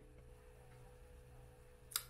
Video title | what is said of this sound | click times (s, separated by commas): Accomplishing a few things (2020-WEEK SEVENTEEN) | clicked on this bracelet lasso thing | 2.0 s